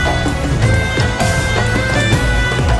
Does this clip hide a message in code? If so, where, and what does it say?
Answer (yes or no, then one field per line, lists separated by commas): no